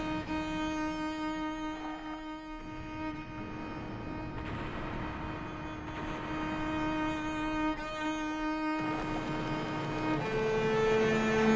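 A binaural walk through Long Island City, Queens, filled with a steady city hum and a constant low rumble of traffic. Sustained tones drone throughout, like idling engines or machinery, and near the end a louder, higher whine rises as a vehicle seems to pass.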